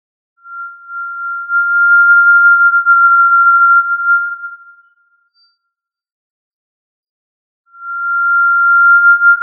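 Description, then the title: Tinamou giving a sustained, even-pitched pure whistle of about four seconds, then silence before another long note begins. "Familia Tinamidae - Quail - Puyuh"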